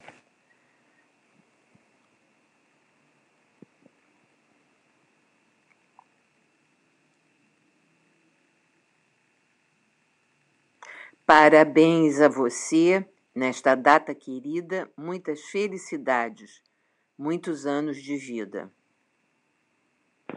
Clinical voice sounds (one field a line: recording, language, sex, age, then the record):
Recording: short text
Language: Brazilian Portuguese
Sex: female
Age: 70 to 79 years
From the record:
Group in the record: control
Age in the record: 73 years